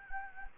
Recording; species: mosquito wingbeat signal from an infrared sensor; Anopheles gambiae